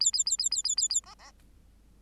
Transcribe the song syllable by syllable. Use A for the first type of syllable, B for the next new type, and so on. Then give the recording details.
A A A A A A A A B B. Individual Bird8